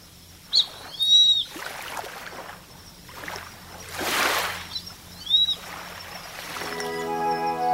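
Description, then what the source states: Grey-faced buzzard whistling, a quick sharp note then a longer slurred whistle, with one more slurred whistle after a rushing noise burst, and musical tones starting near the end. Recorded on Kamishima island, Mie Prefecture, Japan.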